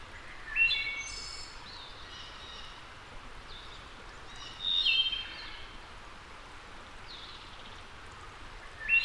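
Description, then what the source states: Wood thrush singing: three phrases a few seconds apart, clear flutey notes, the first followed by a high shimmering trill, over steady background noise. Labelled as a return.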